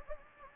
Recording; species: mosquito wingbeat signal from an infrared sensor; Anopheles gambiae